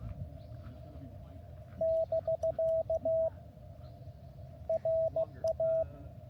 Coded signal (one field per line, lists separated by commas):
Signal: Morse code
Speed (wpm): 16 wpm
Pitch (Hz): 650 Hz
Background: radio noise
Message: <BK> RA